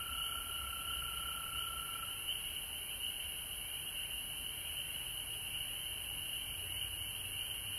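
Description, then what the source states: Frog chorus as a continuous shrill drone of many callers; one lower layer fades out after about two seconds while the rest carries on unchanged. Recorded at home in Georgia on March 19, 2020.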